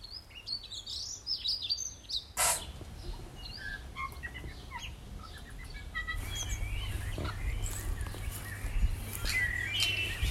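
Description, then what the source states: Birds chirping and whistling in a mixed chorus, with abrupt breaks in the sound and a low hum beneath. Recorded in the morning.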